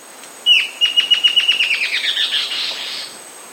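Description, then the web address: Warbling antbird song: a clear opening note followed by a run of many quick, even notes that rise in pitch before fading out. South America. "Natures Songs S America Warbling Antbird"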